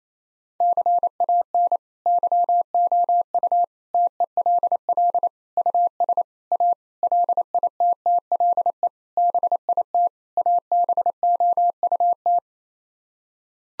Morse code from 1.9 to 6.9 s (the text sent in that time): YOU TELL US A